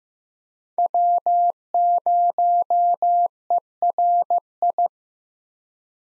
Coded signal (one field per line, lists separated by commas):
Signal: Morse code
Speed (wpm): 15 wpm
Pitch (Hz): 700 Hz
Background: none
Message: W0ERI